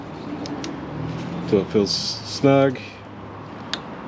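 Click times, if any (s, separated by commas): 3.7 s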